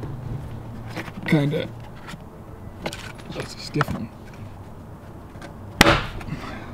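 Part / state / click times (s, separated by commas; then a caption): shifter mounting piece into the car's retaining teeth / seated / 5.8 s. During an E36 manual swap, a shifter mounting piece has one side set into the car's retaining teeth while the other side is pushed up into place as someone talks. A single sharp, loud snap is heard at 5.8 seconds as the piece snaps into place and seats.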